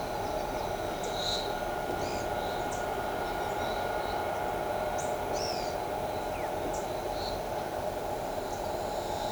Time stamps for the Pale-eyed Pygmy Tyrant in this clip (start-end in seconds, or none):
2.01-2.25, 5.33-5.76